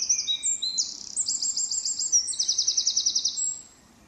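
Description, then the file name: Eurasian wren song, loud and shrill, with a rattling trill, clipped notes and a final fast rattle before the phrase stops. "Troglodytes troglodytes"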